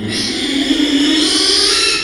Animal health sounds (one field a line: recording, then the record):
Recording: squeal of a Yucatan mini pig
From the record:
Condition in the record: after surgery on the right vocal fold (resection and tissue-engineered implant)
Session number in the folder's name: 2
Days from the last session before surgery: 13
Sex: male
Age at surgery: 12 weeks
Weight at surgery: 13 kg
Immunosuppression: cyclosporine, prednisolone